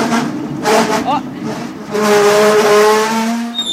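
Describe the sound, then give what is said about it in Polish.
A rail vehicle rolls along with a steady rumble, then its hand brake, turned by hand, sets up a sustained, wavering metallic squeal that holds loud for over a second before easing off. “I za chwilę dojedziemy do półmetka i trzeba będzie hamować.”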